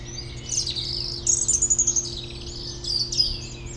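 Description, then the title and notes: European robin song: high, thin warbled phrases with a fast trilled burst in the middle, over a continuous low drone. Robin in the foreground in Bois de Memard, a small peri-urban wood near the Jardin Vagabond, Aix-les-Bains, France; city and lake-boat rumble in background. "Dans le bois de Memard 73100 Aix-les-Bains, France - rouge gorge. Un rouge gorge au premier plan entouré de merles et autre oiseaux dans ce petit bois près du Jardin Vagabond, en zone péri urbaine, arrière plan de la rumeur de la ville et des bateaux sur le lac"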